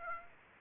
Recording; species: mosquito wingbeat signal from an infrared sensor; Aedes aegypti